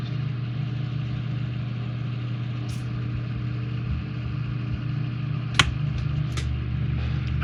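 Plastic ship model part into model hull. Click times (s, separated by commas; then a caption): 5.6 s. A small plastic part of an F-TOYS R.M.S. Olympic 1:2000 scale ship model kit (2021) is pressed onto the model hull over a steady low hum. It snaps into place with a sharp click at 5.6 s, and the part is seated.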